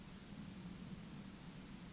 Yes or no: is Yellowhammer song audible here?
no